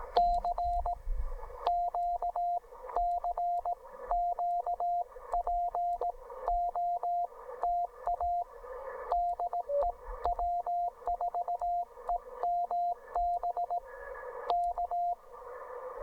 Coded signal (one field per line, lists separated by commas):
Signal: Morse code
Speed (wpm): 18 wpm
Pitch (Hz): 700 Hz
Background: radio noise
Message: CQ CQ POTA DE W4EMB K